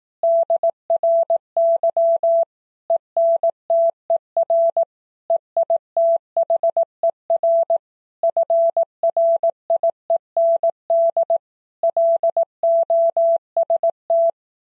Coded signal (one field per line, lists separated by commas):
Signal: Morse code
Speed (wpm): 18 wpm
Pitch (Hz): 670 Hz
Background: none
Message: DRY ENTER EITHER FRIEND LOST